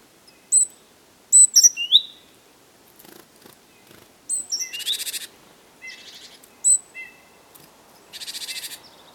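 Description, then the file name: Great tit calls: scattered sharp high chirps and thin notes mixed with two buzzy, rasping churrs, irregular throughout. "Parus major"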